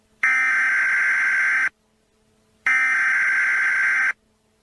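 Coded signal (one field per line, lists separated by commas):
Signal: Emergency Alert System (SAME) tones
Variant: header bursts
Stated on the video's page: Prank nuclear emergency alert, not a real activation.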